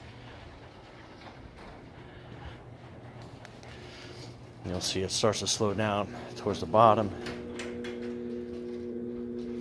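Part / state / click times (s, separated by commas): automatic lock bolt engaging a closed garage door from the wall-mounted opener / seated / 7.6 s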